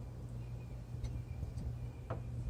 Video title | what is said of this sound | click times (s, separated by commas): How to Replace Windshield Wipers on Your Car- Toyota 4runner | And it clicks into place. | 2.1 s